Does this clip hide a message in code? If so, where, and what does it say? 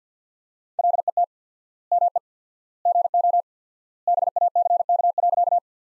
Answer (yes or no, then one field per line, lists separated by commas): yes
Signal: Morse code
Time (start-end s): 0.8-5.6 s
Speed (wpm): 50 wpm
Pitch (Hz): 700 Hz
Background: none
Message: LET ME GO BACK.